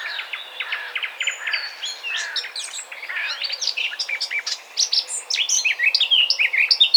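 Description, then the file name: Eurasian blackcap song, beginning with soft chattering notes and building into a louder, hurried warble of high whistles and twitters. "Sylvia atricapilla"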